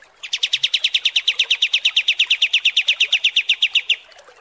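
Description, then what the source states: Kapas tembak bird repeating quick, sharp pulsed notes in a long, even rattle lasting nearly four seconds. Training song (masteran) for teaching songbirds.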